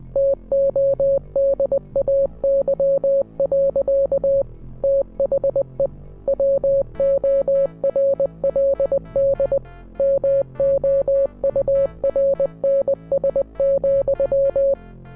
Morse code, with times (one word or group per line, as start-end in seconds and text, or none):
0.2-4.4 TODAY.
4.8-5.9 THE
6.3-9.6 WORLD
10.0-14.7 MOURNS,